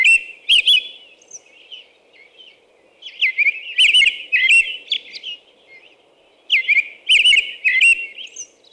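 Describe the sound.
American robin song in three bouts of warbled whistled phrases with shrill high notes, separated by brief pauses; soft background noise.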